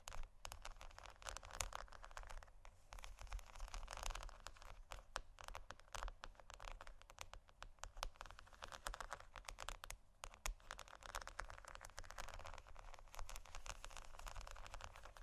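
Pearls are scratched and tapped in a dense, continuous stream of tiny clicks and clacks, bright and crisp, much like rapid typing. The busy clatter barely lets up, with brief near-pauses around 2.5 and 10 seconds, over a steady low hum.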